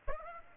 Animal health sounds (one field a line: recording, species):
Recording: mosquito wingbeat signal from an infrared sensor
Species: Aedes aegypti